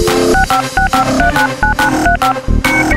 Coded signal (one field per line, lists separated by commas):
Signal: DTMF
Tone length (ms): 120 ms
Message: 6565399935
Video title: Isaac Miell - Dial up modem remix